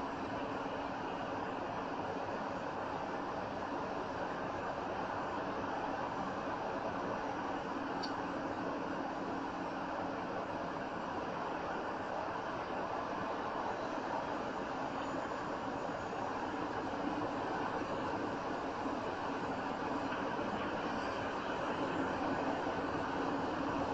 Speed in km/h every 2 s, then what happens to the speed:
58, 58, 56, 56, 56, 55, 53, 53, 52, 53, 52, 53.
0-24 steady at about 53.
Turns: none.